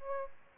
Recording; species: mosquito wingbeat signal from an infrared sensor; Aedes albopictus